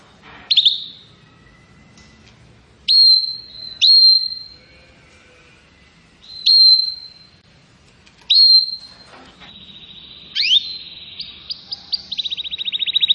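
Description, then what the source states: Canary song in short bursts: high, pure whistled notes separated by pauses of a few seconds, ending in a rapid trill that grows louder. Canary (kenari) song used as a lure for birds.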